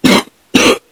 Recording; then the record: coughing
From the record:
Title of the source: 60 coughing still (deep and wet cough)